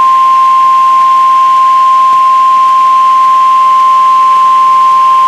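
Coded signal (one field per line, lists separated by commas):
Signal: Emergency Alert System (SAME) tones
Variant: 1050 Hz attention tone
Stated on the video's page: NOAA Weather Radio Required Weekly Test relayed by a weather radio station, recorded from a weather radio receiver to an audio recorder.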